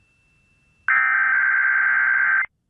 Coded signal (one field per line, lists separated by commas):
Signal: Emergency Alert System (SAME) tones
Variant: header bursts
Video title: My Last KDKA EAS Test For March [EAS #582]